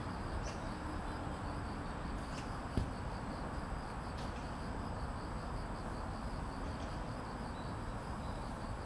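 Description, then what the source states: Cricket song, a high, finely pulsed trill that runs steadily throughout, set against a constant low rumble of street traffic and a few faint clicks. Evening at Banpo Jugong Apartment Complex 1, Banpo-bon-dong, Seocho-gu, Seoul, South Korea; grass insects with street traffic.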